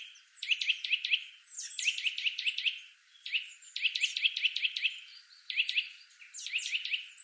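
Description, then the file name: Eurasian nuthatch calls: sharp, clipped notes bunched in quick runs, coming in several bursts with short pauses between them. "Sitta europaea"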